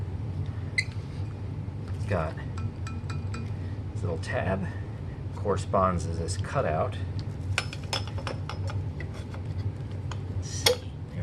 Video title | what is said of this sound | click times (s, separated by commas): Royal Hose Adapter Set | there we go, and that's the ticket. Okay, so that's the click of life. | 10.7 s